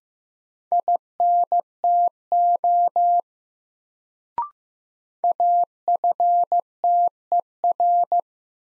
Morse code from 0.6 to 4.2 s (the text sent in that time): INTO